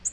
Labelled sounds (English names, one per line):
Nashville Warbler flight call